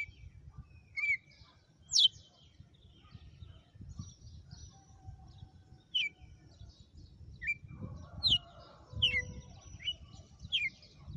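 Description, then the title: Red-cowled cardinal song: scattered bright whistled slurs and faint high chirps, irregularly spaced, over light background noise. Female; sang one lash (açoite) of song after another today. "Canto Galo Campina Fêmea. Galo de campina,hj foi um açoite atrás do outro"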